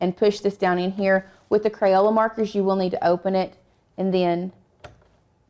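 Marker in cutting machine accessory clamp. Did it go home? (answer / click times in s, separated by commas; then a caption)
yes / 4.8 s. A plastic Crayola marker is pushed down into the opened accessory clamp of a cutting machine until it clicks into place, seated. Someone talks, then a sharp tick is heard at 4.8 s, followed by a faint softer sound right after.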